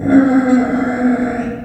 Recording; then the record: squeal of a Yucatan mini pig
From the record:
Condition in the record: after surgery on the right vocal fold (resection and tissue-engineered implant); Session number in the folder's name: 3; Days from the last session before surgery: 21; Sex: female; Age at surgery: 19 weeks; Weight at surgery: 25 kg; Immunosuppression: prednisolone